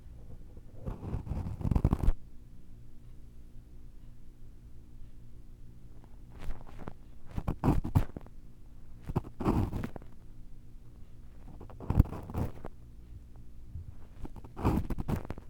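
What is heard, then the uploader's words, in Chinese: Muffled scraping and rubbing bursts from ear cleaning come in short clusters every few seconds over a low, steady hum. 嘗試用不同工具掏耳朵。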